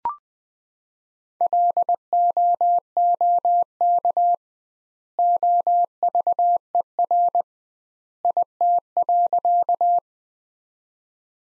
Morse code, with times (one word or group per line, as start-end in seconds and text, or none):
1.4-4.3 LOOK
5.2-7.4 OVER
8.2-10.0 IT.